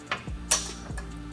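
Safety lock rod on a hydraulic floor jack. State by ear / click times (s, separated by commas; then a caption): seated / 0.5 s. A steel safety rod fitted to a hydraulic floor jack is flipped over the jack handle and clacked down, so it locks in like a jack stand in case the hydraulic fails. A faint tap at 0.1 s leads to a sharp, bright metallic click at 0.5 s as the rod locks, followed by a softer tick near 1.0 s over a low steady hum. The rod is now seated and locked.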